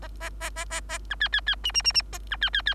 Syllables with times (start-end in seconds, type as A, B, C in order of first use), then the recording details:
0.20-0.30 A, 0.40-0.50 A, 0.56-0.65 A, 0.70-0.81 A, 0.89-0.98 A, 1.10-1.15 B, 1.20-1.29 C, 1.32-1.41 C, 1.46-1.55 C, 1.64-1.72 D, 1.74-1.82 D, 1.84-1.93 D, 1.94-2.02 D, 2.12-2.18 A, 2.30-2.37 B, 2.41-2.50 C, 2.53-2.62 C, 2.66-2.74 C. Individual Bird3